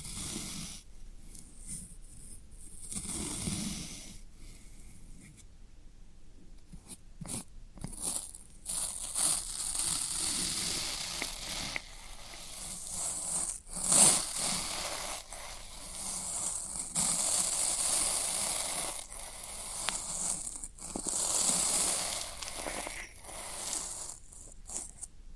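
Floral foam being crushed and poked, a steady run of dry, bright crackling and crumbling with sharper snaps near 7, 14 and 21 seconds.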